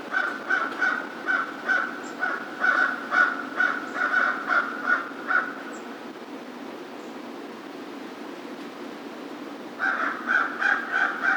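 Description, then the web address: American crow cawing in a fast run of harsh, nasal notes, about two or three a second for six seconds, then a pause before another burst begins. Recorded on 2 March 2010. "2010 03 02 American Crow"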